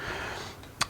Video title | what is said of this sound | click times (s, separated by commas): How to clean and lube your Canik TP9 Elite SC - QUICK AND EASY | old-fashioned pressure on there, make sure it clicks into that. | 0.8 s